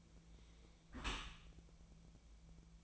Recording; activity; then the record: daily activity, microphone in the room; close dishwasher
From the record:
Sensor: 1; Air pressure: 1000.5 hPa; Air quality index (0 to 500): 181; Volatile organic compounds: 4 ppm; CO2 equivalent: 1666 ppm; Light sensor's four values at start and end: 10/25/10/12 and 10/25/10/12